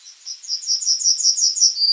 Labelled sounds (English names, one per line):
Yellowhammer song